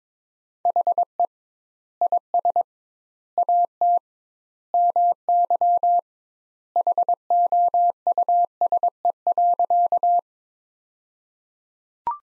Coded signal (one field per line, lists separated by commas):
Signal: Morse code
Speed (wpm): 22 wpm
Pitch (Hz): 700 Hz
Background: none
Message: HE IS AT MY HOUSE.